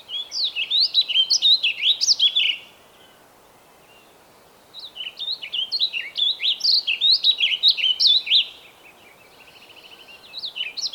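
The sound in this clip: Bird song: repeated phrases of quick, high twittering and whistled notes, two long phrases separated by a pause, followed by softer notes building again.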